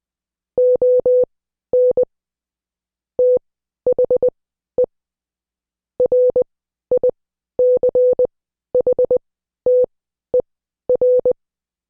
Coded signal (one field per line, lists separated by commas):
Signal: Morse code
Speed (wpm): 20 wpm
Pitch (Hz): 500 Hz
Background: none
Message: ON THE RICHTER